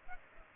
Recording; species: mosquito wingbeat signal from an infrared sensor; Culex pipiens